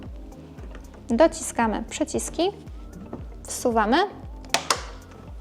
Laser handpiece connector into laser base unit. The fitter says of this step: wsuwamy do kliknięcia.